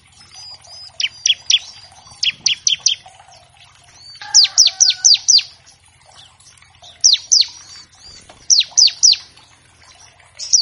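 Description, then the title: Bar-winged Prinia, fast runs of several piercing down-slurred chips, separated by pauses, with quiet twittering underneath. Loud, chatty ciblek used as a master track to train captive songbirds of all kinds and to prompt them to start singing quickly. "Masteran Ciblek Gacor Vs Kenari Gacor Untuk Masteran Semua Jenis Burung. Pancingan Ciblek bahan agar cepat bunyi. Burung Ciblek"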